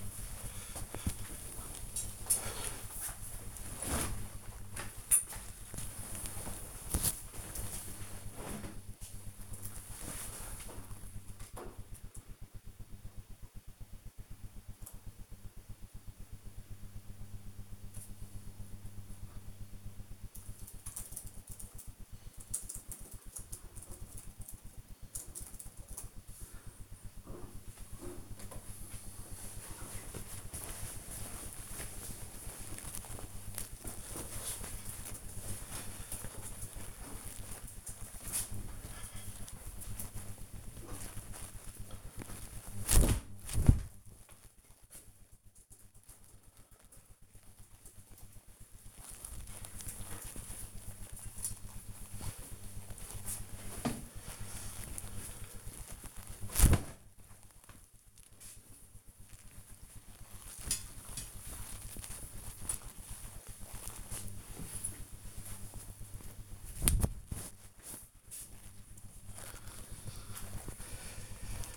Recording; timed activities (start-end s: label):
household activities, microphone on the right wrist
28.32-71.77 s: hanging up laundry